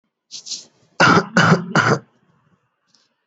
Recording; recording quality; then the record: shallow voluntary cough; moderate, slight background noise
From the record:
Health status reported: healthy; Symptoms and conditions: none ticked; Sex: male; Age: 22 years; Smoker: not ticked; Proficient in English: yes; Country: India